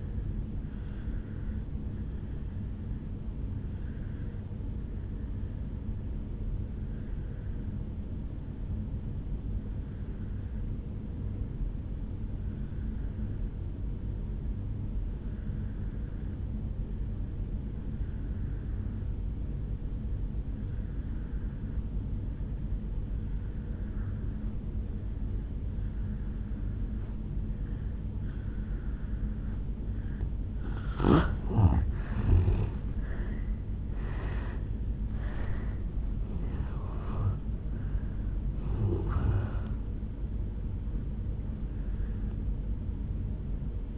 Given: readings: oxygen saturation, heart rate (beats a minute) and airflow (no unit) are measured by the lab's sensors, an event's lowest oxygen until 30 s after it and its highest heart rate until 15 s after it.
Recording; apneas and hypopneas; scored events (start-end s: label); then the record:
breathing in sleep by a smartphone at the bedside; 1
3.00-30.30 s: obstructive apnea (N2, oxygen 95% highest, then 83% lowest, heart rate 61 at the start, 76 highest)
34.00-43.98 s: new sleep stage, N1 (lightest sleep)
From the record:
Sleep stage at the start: N2 (light sleep); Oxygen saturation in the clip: 84 to 95%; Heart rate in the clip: 57 to 76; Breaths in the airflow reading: 4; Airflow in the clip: -10.3 to 8.7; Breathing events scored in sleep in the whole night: 449 in 7.0 hours asleep